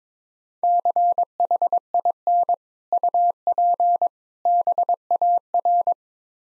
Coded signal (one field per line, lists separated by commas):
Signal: Morse code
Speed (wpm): 22 wpm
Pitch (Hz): 700 Hz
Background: none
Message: CHIN UP BAR